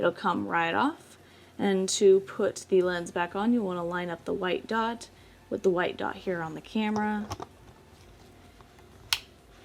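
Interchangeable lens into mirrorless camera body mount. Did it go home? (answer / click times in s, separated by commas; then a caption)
yes / 9.1 s. Someone talks while an interchangeable lens is set onto a Sony A7R series mirrorless camera body mount with the white dots lined up, then twisted. A single sharp click at 9.1 s is the bayonet mount locking, and the lens is seated.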